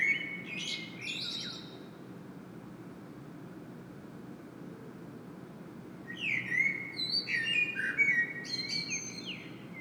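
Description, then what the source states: Common blackbird giving a short fluted phrase with a squeaky end, silence for several seconds, then a longer loud warble with high twitters over low hum. Singing bird in Saint-Gilles, Belgium; recorded with a Sony PCM-M10 internal microphone.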